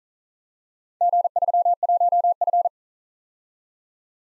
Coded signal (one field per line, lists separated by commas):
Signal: Morse code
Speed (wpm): 40 wpm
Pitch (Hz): 700 Hz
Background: none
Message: G31F